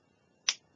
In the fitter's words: they click in place and then they're locked